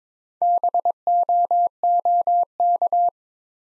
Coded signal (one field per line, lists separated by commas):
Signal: Morse code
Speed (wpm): 22 wpm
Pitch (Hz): 700 Hz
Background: none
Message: BOOK